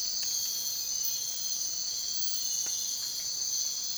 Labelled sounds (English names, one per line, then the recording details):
none
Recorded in secondary vegetation near Puerto Asís, Putumayo, Colombia, on 23 June 2025 at 04:30
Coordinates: 0.499, -76.323
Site G077